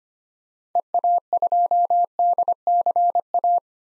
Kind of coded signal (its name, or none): Morse code